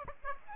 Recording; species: mosquito wingbeat signal from an infrared sensor; Aedes aegypti